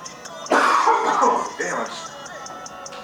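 Three rough, noisy bursts at irregular intervals over about four seconds, faint and distant in a small room. They sound like an adult man coughing and clearing his throat away from the microphone.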